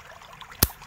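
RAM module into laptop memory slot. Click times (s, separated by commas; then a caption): 0.6 s. A DDR4 RAM stick is angled into the memory slot of a Lenovo S330 AMD A4 laptop and pressed down with a thumb until the side latches catch it. Faint soft contacts come at about 0.4 and 0.5 seconds, then one sharp, loud click at 0.6 seconds. The module is seated in its slot.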